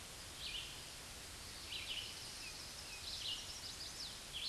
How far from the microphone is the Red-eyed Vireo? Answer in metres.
about 30 m